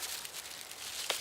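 A plastic electric-fence insulator is pushed onto a steel fence post so its small nubs catch and lock it in place. Faint crinkling and small ticks lead up to a sharp snap at 1.1 s. The clip is seated and holds.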